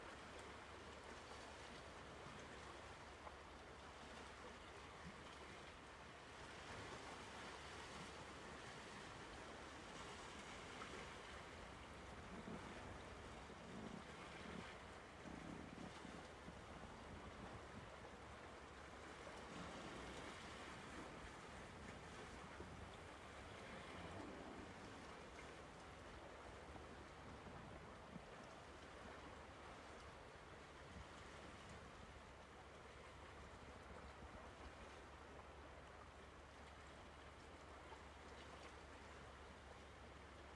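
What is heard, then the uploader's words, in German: Sea noise rolls on as a dense, steady roar that fills the whole range from deep to hissy. The wash swells slightly around the middle of the recording and eases toward the end, over a constant low rumble underneath, like wind or an engine. Dieses Meeresrauschen.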